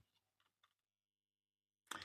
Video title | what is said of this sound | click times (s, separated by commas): K'nex: how to make a remote controlled K'nex truck for under 20 bucks. RC Knex | the uh Drive Unit you'll hear nice little little click | 1.9 s